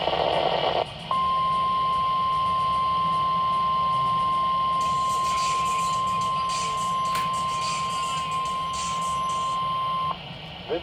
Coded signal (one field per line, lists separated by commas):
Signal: Emergency Alert System (SAME) tones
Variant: 1050 Hz attention tone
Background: speech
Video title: (EAS #7) Required Weekly Test 5/28/25